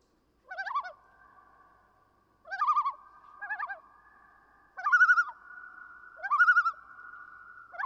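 Common loon tremolo calls: several wavering, laughing phrases in an uneven series, with a faint sustained tone between.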